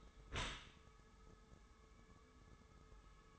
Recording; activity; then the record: daily activity, microphone in the room; close dishwasher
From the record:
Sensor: 3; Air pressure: 1014.9 hPa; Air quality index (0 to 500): 39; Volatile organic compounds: 1 ppm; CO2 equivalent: 588 ppm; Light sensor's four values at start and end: 11/26/11/11 and 11/26/11/11